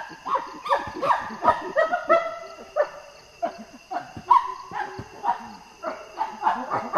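Common chimpanzee calls, rapid hoarse grunting hoots repeated in quick runs, with a pause midway, then more grunts, and steady insect drone behind.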